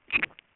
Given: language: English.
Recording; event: throat vibration sensor signal played as sound; swallow